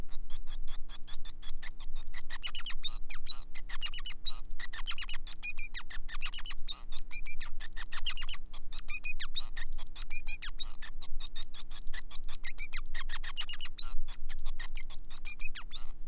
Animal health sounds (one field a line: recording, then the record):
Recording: song of a male Bengalese finch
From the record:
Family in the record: son of father 5